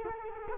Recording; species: mosquito wingbeat signal from an infrared sensor; Culex quinquefasciatus